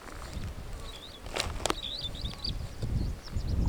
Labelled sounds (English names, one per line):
Superb Starling flight call